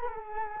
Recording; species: mosquito wingbeat signal from an infrared sensor; Culex quinquefasciatus